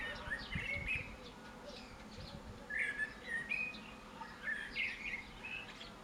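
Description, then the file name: Common blackbird song, three warbled phrases about two seconds apart, with faint higher chirps. "Turdus merula"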